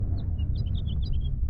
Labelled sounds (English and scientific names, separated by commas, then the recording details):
House Finch (Haemorhous mexicanus) song
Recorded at Lawrence on Long Island, New York, on 4 June 1975
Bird F